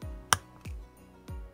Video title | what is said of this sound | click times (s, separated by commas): 3D Printed Poseable Hand - Assembly instructions | that did you hear the click now | 0.3 s